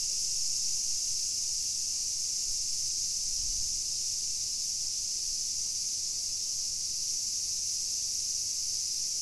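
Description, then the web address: Cicada chorus as a continuous shrill hiss-like drone, steady in pitch and volume, with one brief low thump partway through. Recorded 2 August 2021. "fukudai. cicada 20210802"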